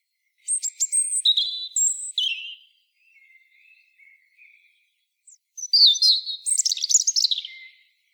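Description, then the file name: European robin song: high, thin warbling phrases with sharp trills, then a few soft whistles and a second tumbling phrase after a short pause. "Erithacus rubecula"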